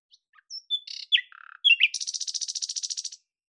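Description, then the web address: Bird song made of mixed squeaks, short harsh buzzes and slurred notes, then a rapid, rattling trill of high notes that runs for over a second. "Deverinetal 2025"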